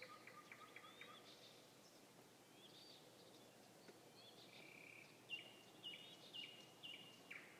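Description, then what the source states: Nightingale singing: faint scattered chirps give way to a series of clear, repeated whistled notes, each sharply cut off, against a steady background hiss. Nightingale song recorded on 21 May 2016.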